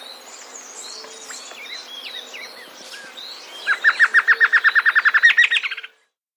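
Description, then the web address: Chapman's Antshrike call: a rapid, steady series of many sharp notes, beginning partway through after varied background bird whistles and chirps. South America. "Natures Songs S America Chapman's Antshrike"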